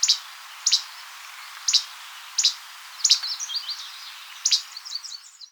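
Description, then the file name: Least Flycatcher uttering short, sharp high notes in an irregular series, with runs of faint thin twittering notes. "Least Flycatcher - Empidonax minimus"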